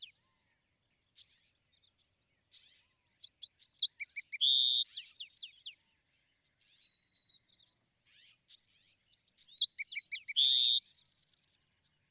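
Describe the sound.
Bewick's wren with two songs roughly six seconds apart, each a burst of quick notes, three low pips, a flat buzz and a rapid trill, separated by sparse chips.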